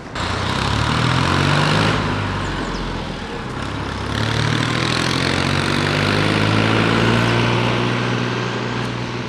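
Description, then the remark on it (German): A tractor stopped at a bus stop, with a small child sitting behind the wheel, idles with a steady, loud, low rumbling drone, its pitch wavering slightly as it chugs along without pause and with no voices. “Selbstverständlich lief der Motor die ganze Zeit.”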